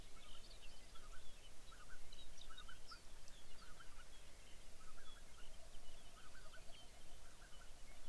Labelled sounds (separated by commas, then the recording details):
songbird, waterfowl, grouse or ptarmigan
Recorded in the Arctic National Wildlife Refuge, Alaska, on 23 May 2019 at 05:33
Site 49